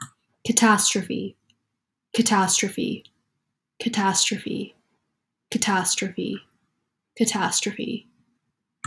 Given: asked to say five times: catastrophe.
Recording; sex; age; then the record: repeated word; female; 20 to 29 years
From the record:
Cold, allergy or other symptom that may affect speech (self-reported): no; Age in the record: 22 years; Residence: Washington, United States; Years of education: 16